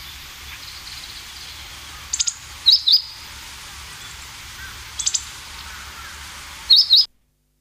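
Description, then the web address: Meadow bunting calls: two bouts of quick high ticks, each followed by a pair of sharp, slurred chips, a few seconds apart, ending abruptly in silence. "sikioto. houzirozinaki"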